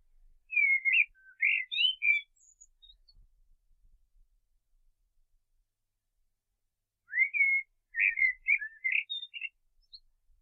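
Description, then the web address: Common blackbird singing two rich warbling phrases separated by several seconds of quiet, each mixing low fluty notes with squeaky higher twitters. "SETE data Turdus merula"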